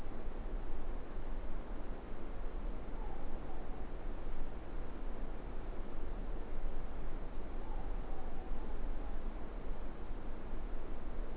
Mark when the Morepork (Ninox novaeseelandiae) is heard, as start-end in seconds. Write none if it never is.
2.77-3.99, 7.48-9.31